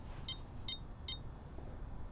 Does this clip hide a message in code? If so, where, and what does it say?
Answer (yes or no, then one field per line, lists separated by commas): no